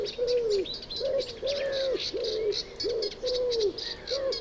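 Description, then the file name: Common wood pigeon giving repeated mellow coos, each note rising then sliding down, in quick succession, with high twittering birds in the background. "Houtduif Columba palumbus"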